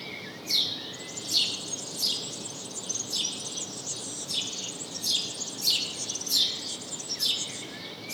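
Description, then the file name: House sparrow calls, emphatic chirps repeating irregularly near once a second, fainter twittering beneath, steady noise floor. "Passer domesticus"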